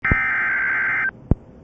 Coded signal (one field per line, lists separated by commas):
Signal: Emergency Alert System (SAME) tones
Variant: header bursts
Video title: Severe Thunderstorm Warning (4/23/26) [EAS #405]